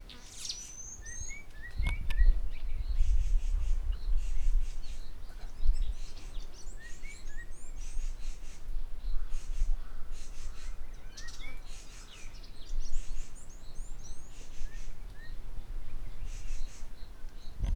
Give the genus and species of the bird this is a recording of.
Cichladusa guttata